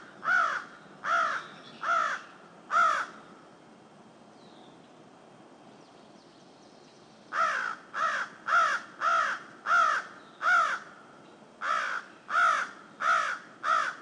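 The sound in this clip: Crow cawing: four harsh caws in a quick series, a few seconds of quiet, then a longer run of about a dozen caws with a brief break.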